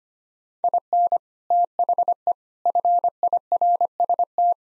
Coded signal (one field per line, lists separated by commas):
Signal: Morse code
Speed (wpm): 25 wpm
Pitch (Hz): 700 Hz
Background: none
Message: IN THE FIRST